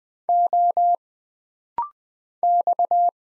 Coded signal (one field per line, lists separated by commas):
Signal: Morse code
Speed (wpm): 20 wpm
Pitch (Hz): 700 Hz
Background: none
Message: O X